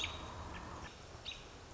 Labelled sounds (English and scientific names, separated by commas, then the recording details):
American Robin (Turdus migratorius)
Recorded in Sonoma County, California